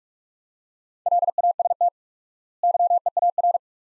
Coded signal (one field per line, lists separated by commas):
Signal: Morse code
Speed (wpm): 46 wpm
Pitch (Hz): 700 Hz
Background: none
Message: LAST YEAR